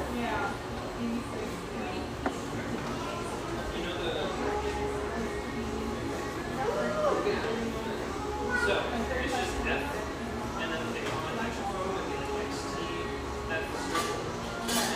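A lively coffeeshop hums with steady, overlapping conversation from many people at once, none of it standing out. Bright clinks of cups, dishes and cutlery punctuate the murmur every second or two, with a sharp knock near two seconds and a low rumble underneath throughout.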